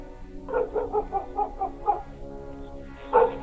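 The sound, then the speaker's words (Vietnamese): A dog barks at a stranger in a quick run of about six short, mid-pitched barks, falls silent briefly, then lets out another louder bark at the end. “thấy vậy, nạt con chó.”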